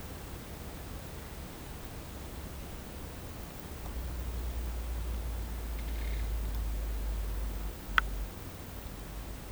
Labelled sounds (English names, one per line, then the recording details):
none
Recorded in pastures near Puerto Asís, Putumayo, Colombia, on 19 March 2025 at 10:30
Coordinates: 0.472, -76.329
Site G074